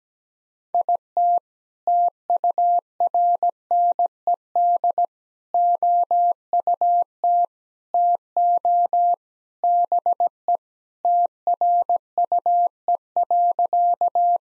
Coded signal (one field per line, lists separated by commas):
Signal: Morse code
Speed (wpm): 17 wpm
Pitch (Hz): 700 Hz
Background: none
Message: IT TURNED OUT TO BE TRUE.